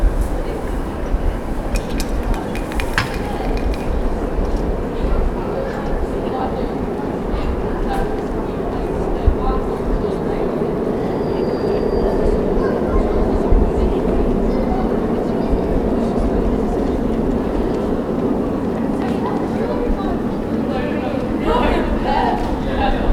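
A town high street early in the morning as a market is set up, with a steady, dense rumble of traffic and murmured voices throughout. Occasional knocks and clatters break through, around two seconds in, near nine seconds and again near the end.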